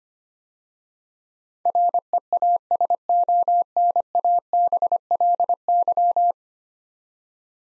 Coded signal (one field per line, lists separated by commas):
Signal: Morse code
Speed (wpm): 25 wpm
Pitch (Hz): 700 Hz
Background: none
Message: REASONABLY